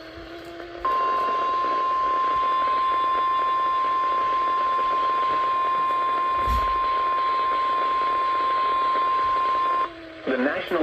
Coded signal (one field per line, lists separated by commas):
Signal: Emergency Alert System (SAME) tones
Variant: 1050 Hz attention tone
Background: speech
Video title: CRAZANITY VII: WET SUNDAY. EAS Alerts from 7/9/23 (EAS #1,177-1,205)